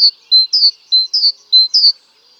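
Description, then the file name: Great tit calling with high, thin paired notes, a flat whistle then a slurred falling chirp, repeated rapidly about three times with short gaps. "Parus major"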